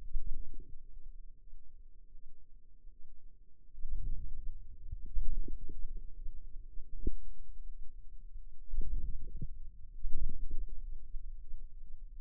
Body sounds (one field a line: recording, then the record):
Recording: forearm muscle sounds (acoustic myography)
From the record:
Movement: hand closing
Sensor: system 2, bracelet of six BSWA MPA416 microphones around the upper forearm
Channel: 1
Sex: female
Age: 23 years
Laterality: right